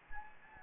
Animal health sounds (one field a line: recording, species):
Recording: mosquito wingbeat signal from an infrared sensor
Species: Anopheles gambiae